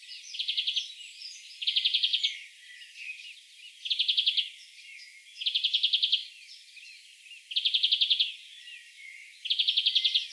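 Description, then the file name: European greenfinch calling in short rattling trills repeated about every two seconds, six bursts in all, with softer twittering between them. "Chloris chloris"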